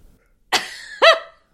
Our dog doing a throw up / sneeze. He makes that noise all the time, everyone. No need to be concerned.